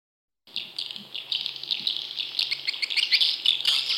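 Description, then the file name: Swiftlet chirping calls, a dense run of short high twittering notes starting after a brief silence. "suara burung walet"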